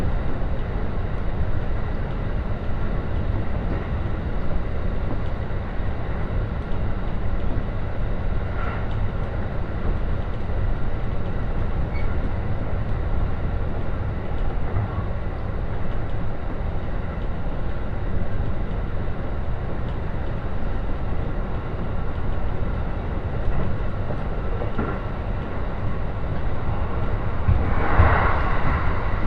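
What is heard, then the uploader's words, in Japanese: A Joban Line train ride from Katsuta to Ishioka: a steady low rumble and rattle, with brief brighter squeals near 9 and 28 seconds. 耳で楽しむ鉄道旅 常磐線 勝田→石岡。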